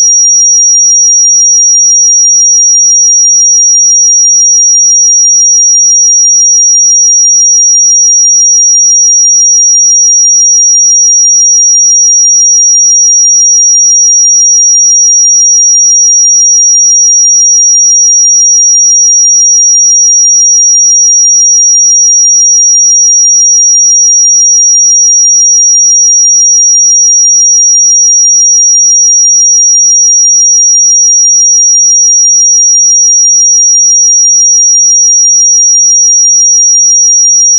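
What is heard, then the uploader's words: A pure sine tone at 5702 Hz holds unbroken for the whole clip, high and piercing. Its pitch and loudness never shift, and nothing else sounds beneath it, just the single clean whistle-like note in silence. 5702 Hz 1 Hz Interval Sine Pure Tone Frequency 441000 Sample Mono.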